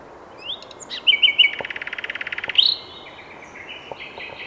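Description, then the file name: Common nightingale song: a few short whistled notes, then a fast run of many repeated dry notes over about one second, ending in a sharp high note and softer chirps. "Luscinia megarhynchos"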